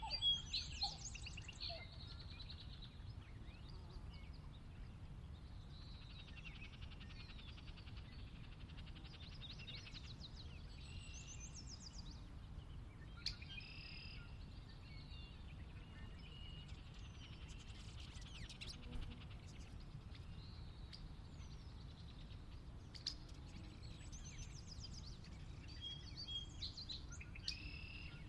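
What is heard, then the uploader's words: Late morning in a valley, with birds chirping and singing through the whole stretch, several calls overlapping. A steady low rumble, like wind or traffic, runs underneath, and brief sharper bird notes stand out around thirteen and twenty-three seconds. Sinlahekin Valley late morning. The valley itself is a 16 mile long, 1/2-mile wide glacier-dug trench near the Northeastern slope of the Cascades.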